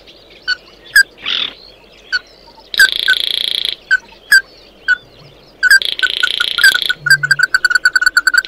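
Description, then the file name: Bird with sparse single piping notes and harsh buzzy bursts, ending in a run of repeated notes. "Tieng chim mat do"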